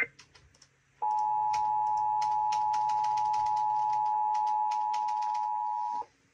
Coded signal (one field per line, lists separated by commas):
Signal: Emergency Alert System (SAME) tones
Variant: 853 and 960 Hz attention tone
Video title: EAS ALERTS 4778-4788 FROM 12/17-19/23